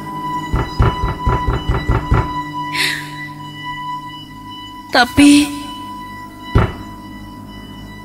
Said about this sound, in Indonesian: ketukan suara pintu di gedor itu tidak berhenti. Saat aku sudah memegang gagang pintu dan akan membukanya, suara ketukan itu menghilang.